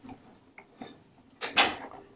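With the threading lever lowered, the hand wheel of a Baby Lock Triumph serger is turned slowly toward the operator until the threading mechanism gives a short, sharp click at 0.6 s, engaging the air threading tubes. Fainter ticks follow, then a louder broadband rush around 1.4 to 1.8 s before the clip fades.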